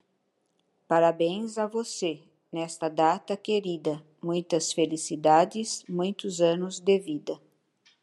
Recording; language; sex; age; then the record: short text; Brazilian Portuguese; female; 60 to 69 years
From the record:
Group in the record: control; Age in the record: 68 years